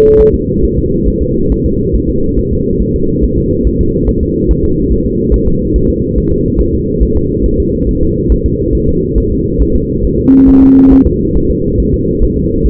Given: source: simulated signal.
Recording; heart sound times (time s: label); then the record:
fetal heart sounds
0.20 s: S1
0.34 s: S2
0.65 s: S1
0.78 s: S2
1.08 s: S1
1.22 s: S2
1.52 s: S1
1.66 s: S2
1.96 s: S1
2.09 s: S2
2.39 s: S1
2.53 s: S2
2.82 s: S1
2.96 s: S2
3.24 s: S1
3.38 s: S2
3.67 s: S1
3.81 s: S2
4.09 s: S1
4.23 s: S2
4.51 s: S1
4.65 s: S2
4.92 s: S1
5.06 s: S2
5.34 s: S1
5.48 s: S2
5.76 s: S1
5.90 s: S2
6.18 s: S1
6.32 s: S2
6.61 s: S1
6.75 s: S2
7.03 s: S1
7.17 s: S2
7.46 s: S1
7.60 s: S2
7.89 s: S1
8.03 s: S2
8.32 s: S1
8.46 s: S2
8.75 s: S1
8.89 s: S2
9.18 s: S1
9.32 s: S2
9.62 s: S1
9.76 s: S2
10.05 s: S1
10.19 s: S2
10.49 s: S1
10.63 s: S2
10.93 s: S1
11.07 s: S2
11.37 s: S1
11.51 s: S2
11.80 s: S1
11.94 s: S2
12.23 s: S1
12.38 s: S2
12.66 s: S1
From the record:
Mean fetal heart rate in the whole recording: 140 bpm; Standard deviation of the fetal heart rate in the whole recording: 2 bpm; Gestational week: 34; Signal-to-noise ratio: -15.3 dB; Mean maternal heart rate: 72 bpm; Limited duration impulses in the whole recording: present